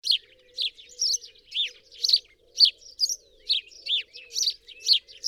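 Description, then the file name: House sparrow chirps in a quick, varied series, around two a second, with fainter chirps between and a faint low hum. "Passer domesticus"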